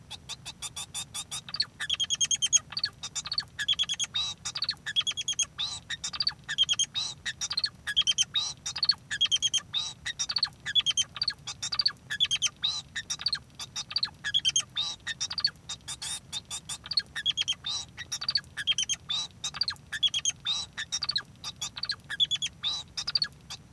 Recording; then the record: song of a male Bengalese finch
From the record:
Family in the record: son of father 2